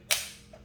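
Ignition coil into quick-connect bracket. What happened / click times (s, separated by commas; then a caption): The part snapped into its bracket / 0.1 s. An ignition coil is pushed onto a quick-connect bracket and locks in with a sharp, bright click at 0.1 s, followed by a faint, softer tick around 0.5 s. The coil is seated in the bracket.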